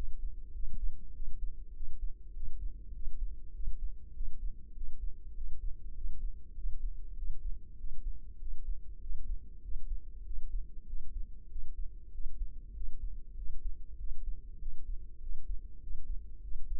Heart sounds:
heart sounds by microphone in the left ear; 98 bpm
0.55 s: heartbeat
1.15 s: heartbeat
1.75 s: heartbeat
2.35 s: heartbeat
2.95 s: heartbeat
3.55 s: heartbeat
4.15 s: heartbeat
4.76 s: heartbeat
5.36 s: heartbeat
5.96 s: heartbeat
6.56 s: heartbeat
7.17 s: heartbeat
7.79 s: heartbeat
8.41 s: heartbeat
9.02 s: heartbeat
9.63 s: heartbeat
10.26 s: heartbeat
10.88 s: heartbeat
11.50 s: heartbeat
12.13 s: heartbeat
12.75 s: heartbeat
13.37 s: heartbeat
13.99 s: heartbeat
14.61 s: heartbeat
15.22 s: heartbeat
15.82 s: heartbeat
16.43 s: heartbeat
From the record:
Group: healthy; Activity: cold pressor test 0-15 s, rest 15-17 s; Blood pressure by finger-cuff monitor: 137/90 mmHg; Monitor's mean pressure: 106 mmHg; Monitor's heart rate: 99 bpm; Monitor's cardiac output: 7.6 L/min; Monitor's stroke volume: 77 mL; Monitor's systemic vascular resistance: 1080 dyn s/cm5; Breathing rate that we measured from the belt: 18 breaths a minute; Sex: male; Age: 21 years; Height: 175 cm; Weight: 72.6 kg

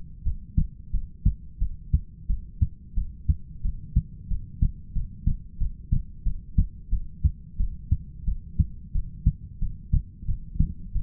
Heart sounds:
heart sounds by stethoscope; 90 bpm
0.24 s: heartbeat
0.92 s: heartbeat
1.60 s: heartbeat
2.28 s: heartbeat
2.95 s: heartbeat
3.63 s: heartbeat
4.29 s: heartbeat
4.94 s: heartbeat
5.59 s: heartbeat
6.24 s: heartbeat
6.91 s: heartbeat
7.58 s: heartbeat
8.26 s: heartbeat
8.93 s: heartbeat
9.60 s: heartbeat
10.27 s: heartbeat
10.94 s: heartbeat
From the record:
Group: heart failure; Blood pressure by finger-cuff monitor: 102/67 mmHg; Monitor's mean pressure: 80 mmHg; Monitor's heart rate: 91 bpm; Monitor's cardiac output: 7.7 L/min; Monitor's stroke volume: 85 mL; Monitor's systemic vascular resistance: 760 dyn s/cm5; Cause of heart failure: ischemic heart disease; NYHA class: 1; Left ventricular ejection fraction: 38%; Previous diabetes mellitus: present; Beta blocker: bisoprolol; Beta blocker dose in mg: 15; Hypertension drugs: sacubitril-valsartan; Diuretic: furosemide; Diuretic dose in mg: 20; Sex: male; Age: 33 years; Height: 172 cm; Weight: 78.5 kg

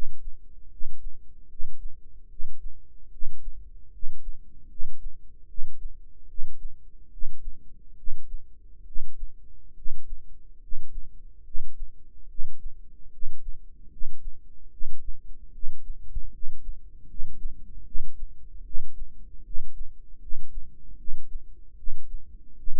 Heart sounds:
heart sounds by microphone in the right ear; 74 bpm
0.68 s: heartbeat
1.47 s: heartbeat
2.27 s: heartbeat
3.09 s: heartbeat
3.90 s: heartbeat
4.67 s: heartbeat
5.46 s: heartbeat
6.26 s: heartbeat
7.09 s: heartbeat
7.95 s: heartbeat
8.84 s: heartbeat
9.73 s: heartbeat
10.59 s: heartbeat
11.42 s: heartbeat
12.26 s: heartbeat
13.09 s: heartbeat
13.88 s: heartbeat
14.69 s: heartbeat
15.51 s: heartbeat
16.30 s: heartbeat
17.06 s: heartbeat
17.83 s: heartbeat
18.62 s: heartbeat
19.42 s: heartbeat
20.18 s: heartbeat
20.96 s: heartbeat
21.75 s: heartbeat
22.55 s: heartbeat
From the record:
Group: healthy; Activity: rest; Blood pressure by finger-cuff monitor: 110/62 mmHg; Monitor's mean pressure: 75 mmHg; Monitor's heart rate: 73 bpm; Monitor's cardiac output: 7.3 L/min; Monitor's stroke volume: 99 mL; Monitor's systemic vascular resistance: 740 dyn s/cm5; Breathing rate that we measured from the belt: 18 breaths a minute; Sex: male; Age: 35 years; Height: 180 cm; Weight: 86.9 kg

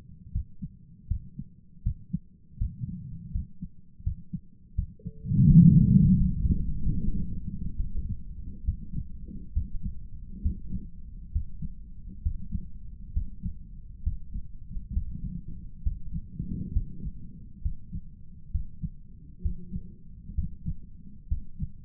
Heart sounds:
heart sounds by stethoscope; 72 bpm
0.32 s: heartbeat
1.07 s: heartbeat
1.82 s: heartbeat
2.57 s: heartbeat
3.31 s: heartbeat
4.03 s: heartbeat
4.75 s: heartbeat
5.47 s: heartbeat
6.17 s: heartbeat
6.86 s: heartbeat
7.75 s: heartbeat
8.63 s: heartbeat
9.52 s: heartbeat
10.41 s: heartbeat
11.31 s: heartbeat
12.21 s: heartbeat
13.12 s: heartbeat
14.02 s: heartbeat
14.92 s: heartbeat
15.81 s: heartbeat
16.71 s: heartbeat
17.61 s: heartbeat
18.50 s: heartbeat
19.41 s: heartbeat
20.34 s: heartbeat
21.27 s: heartbeat
From the record:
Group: healthy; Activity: rest 0-7 s, breath hold 7-22 s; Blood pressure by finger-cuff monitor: 129/81 mmHg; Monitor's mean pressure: 95 mmHg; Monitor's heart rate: 69 bpm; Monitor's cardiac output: 6.3 L/min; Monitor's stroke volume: 94 mL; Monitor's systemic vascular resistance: 990 dyn s/cm5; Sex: male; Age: 57 years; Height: 188 cm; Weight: 106 kg

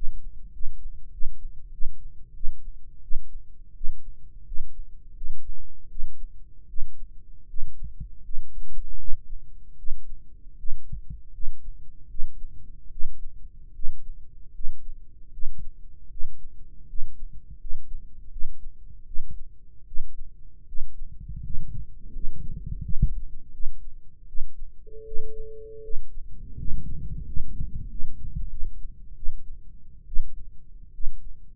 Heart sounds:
heart sounds by microphone in the right ear; 81 bpm
0.51 s: heartbeat
1.10 s: heartbeat
1.71 s: heartbeat
2.33 s: heartbeat
3.01 s: heartbeat
3.73 s: heartbeat
4.44 s: heartbeat
5.14 s: heartbeat
5.88 s: heartbeat
6.66 s: heartbeat
7.46 s: heartbeat
8.21 s: heartbeat
8.96 s: heartbeat
9.76 s: heartbeat
10.56 s: heartbeat
11.31 s: heartbeat
12.07 s: heartbeat
12.89 s: heartbeat
13.72 s: heartbeat
14.52 s: heartbeat
15.30 s: heartbeat
16.08 s: heartbeat
16.86 s: heartbeat
17.57 s: heartbeat
18.29 s: heartbeat
19.04 s: heartbeat
19.84 s: heartbeat
20.65 s: heartbeat
21.41 s: heartbeat
22.11 s: heartbeat
22.80 s: heartbeat
23.51 s: heartbeat
24.25 s: heartbeat
25.03 s: heartbeat
25.81 s: heartbeat
26.55 s: heartbeat
27.23 s: heartbeat
27.86 s: heartbeat
28.48 s: heartbeat
29.14 s: heartbeat
30.05 s: heartbeat
30.91 s: heartbeat
From the record:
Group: healthy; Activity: rest 0-24 s, breath hold 24-32 s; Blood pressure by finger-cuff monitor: 133/80 mmHg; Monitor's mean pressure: 95 mmHg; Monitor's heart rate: 80 bpm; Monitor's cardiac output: 6.5 L/min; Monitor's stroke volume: 81 mL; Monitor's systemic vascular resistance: 1100 dyn s/cm5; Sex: male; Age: 21 years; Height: 180 cm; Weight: 67.5 kg

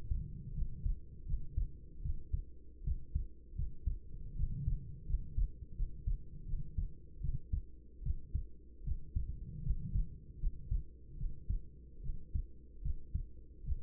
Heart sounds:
heart sounds by stethoscope; 78 bpm
0.53 s: heartbeat
1.25 s: heartbeat
2.01 s: heartbeat
2.83 s: heartbeat
3.54 s: heartbeat
4.35 s: heartbeat
5.05 s: heartbeat
5.74 s: heartbeat
6.45 s: heartbeat
7.20 s: heartbeat
8.02 s: heartbeat
8.83 s: heartbeat
9.61 s: heartbeat
10.38 s: heartbeat
11.16 s: heartbeat
12.01 s: heartbeat
12.81 s: heartbeat
13.63 s: heartbeat
From the record:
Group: healthy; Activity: rest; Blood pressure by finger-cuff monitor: 95/52 mmHg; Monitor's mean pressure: 66 mmHg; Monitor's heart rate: 79 bpm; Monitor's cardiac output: 6.7 L/min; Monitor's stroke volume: 86 mL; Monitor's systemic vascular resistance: 690 dyn s/cm5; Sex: female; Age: 26 years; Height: 165 cm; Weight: 55 kg

